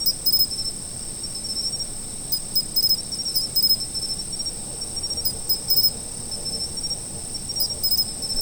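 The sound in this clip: Autumn insects produce an unbroken high ringing trill, overlaid by short clusters of pulsed chirps that recur irregularly over quiet background noise.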